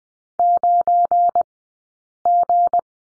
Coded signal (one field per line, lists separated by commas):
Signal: Morse code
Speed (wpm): 20 wpm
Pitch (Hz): 700 Hz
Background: none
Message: 9G